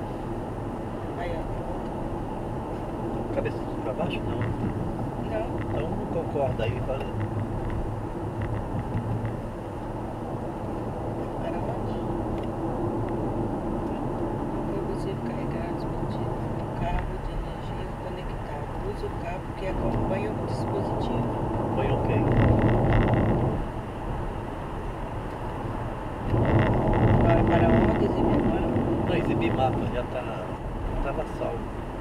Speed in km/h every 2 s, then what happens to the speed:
80, 81, 78, 77, 87, 80, 83, 80, 85, 88, 98, 96, 99, 99, 99, 95.
0-15 steady at about 80. 15-24 speeds up to 99.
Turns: none.